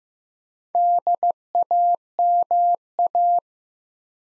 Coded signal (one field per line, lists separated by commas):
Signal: Morse code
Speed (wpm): 15 wpm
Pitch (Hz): 700 Hz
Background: none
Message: DAMA